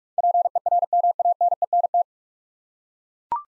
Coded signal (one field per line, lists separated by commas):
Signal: Morse code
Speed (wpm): 41 wpm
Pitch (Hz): 700 Hz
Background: none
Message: PERMANENT